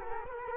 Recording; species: mosquito wingbeat signal from an infrared sensor; Culex quinquefasciatus